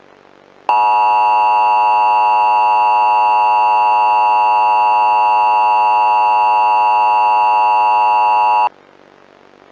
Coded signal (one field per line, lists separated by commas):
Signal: Emergency Alert System (SAME) tones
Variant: 853 and 960 Hz attention tone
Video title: Hāne'e - EAS Scenario (LAST VIDEO OF 2024)